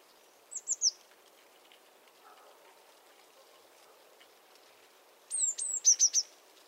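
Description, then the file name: Eurasian blue tit calls: a short burst of three high descending notes, then after a pause a longer fast trill of sharp notes near the end. "Cyanistes caeruleus"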